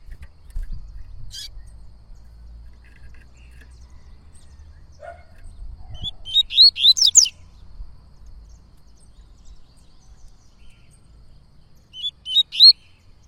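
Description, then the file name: Yellow-bellied seedeater giving two brisk phrases of sharp, high twittering notes several seconds apart, with a few faint chips and low hum in between. "canto de coleiro baiano"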